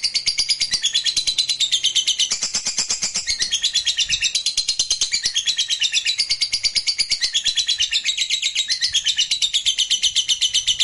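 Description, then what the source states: Lovebird song, a nonstop rapid twittering trill of high, buzzy, rattling notes that wavers slightly in pitch. Fighter lovebird singing energetically (gacor).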